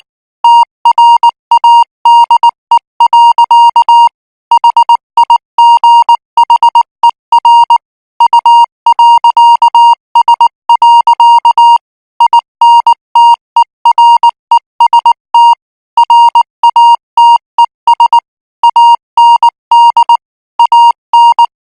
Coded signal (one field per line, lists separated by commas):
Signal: Morse code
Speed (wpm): 19 wpm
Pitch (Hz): 940 Hz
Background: music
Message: TRADE. HIGHER U.S. INTEREST RATES AND AN